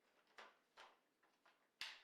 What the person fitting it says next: and that clicks in.